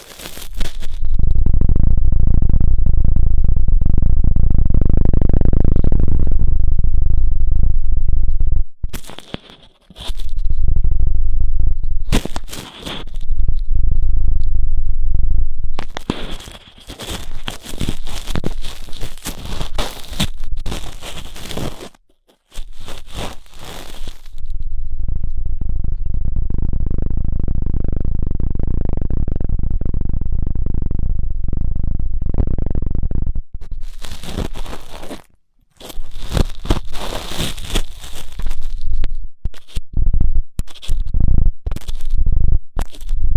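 Ear-cleaning sounds styled as a helicopter passing through the head: a deep, swelling rumble fills the first nine seconds and returns from about 23 to 33 seconds. Between them come dense bursts of scratchy, crackling rubbing, cut by abrupt short silences.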